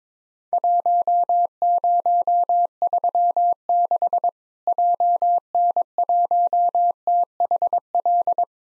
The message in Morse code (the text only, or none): 1036 JN1THL